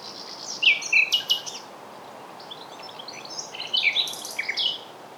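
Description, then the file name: Common nightingale song in two short bursts of crisp chirps and clicky notes separated by a quiet gap, over a soft steady hiss. "Luscinia megarhynchos"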